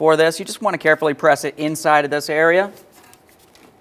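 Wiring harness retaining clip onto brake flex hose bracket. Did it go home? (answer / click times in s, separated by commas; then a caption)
no / none. Someone talks while a plastic wiring harness retaining clip is positioned to be pressed into its mount on the rear flex brake hose bracket of a 2013–2020 Ford Fusion. After the talking stops at about 2.7 seconds, only faint, brief handling sounds are heard. The clip has not latched or seated yet.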